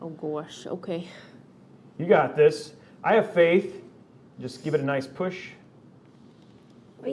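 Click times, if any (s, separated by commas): none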